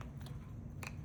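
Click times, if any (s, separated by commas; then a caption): none. A DDR5 SO-DIMM memory module is handled at the second memory slot of a Dell laptop, with short scraping, ticking handling sounds near 0.0 s and 0.9 s over a steady low hum. Nothing has seated or clicked into place yet.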